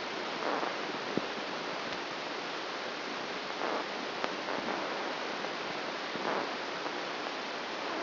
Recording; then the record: brain microelectrode recording played as sound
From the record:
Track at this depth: outside the subthalamic nucleus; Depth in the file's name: 0.314 mm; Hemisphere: right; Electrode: 2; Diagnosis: Parkinson's disease